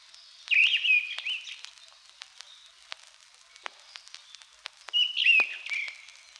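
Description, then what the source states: Mistle Thrush singing two fluty, warbled phrases several seconds apart, with light crackling and ticks in the pauses. Song, occasionally heard in old pine forest; described as beautiful.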